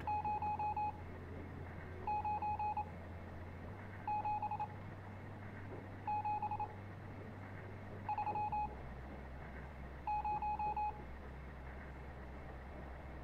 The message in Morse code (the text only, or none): 097730